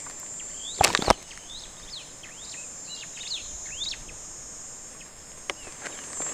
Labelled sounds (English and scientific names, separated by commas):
Superb Starling (Lamprotornis superbus) flight call